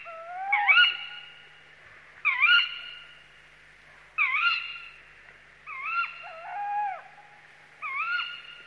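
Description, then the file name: Tawny owl giving hoarse, wavering calls about every two seconds, each note twisting up and down, with quiet surroundings between calls. Territorial call. "Bosuil territorium"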